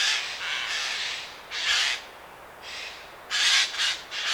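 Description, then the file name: Eurasian jay producing long, grating screeches, a drawn-out rasp followed by shorter harsh bursts, with brief pauses between. "Garrulus glandarius"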